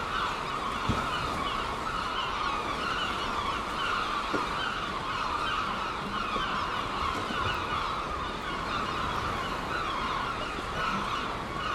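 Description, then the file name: Gulls calling continuously in a large overlapping chorus, a steady noisy wall of cries with a few brief clicks and knocks. Gulls at Seaton, dated 17 03. "OKM Seagulls Seaton 17 03"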